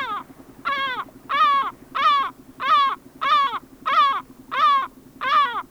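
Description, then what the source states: Lesser Black-backed Gull giving deep, nasal calls in a steady series, about nine notes in under six seconds. Field recording of Lesser Black-backed Gull from Sweden, released 1984 on a cassette of mountain and coastal birds.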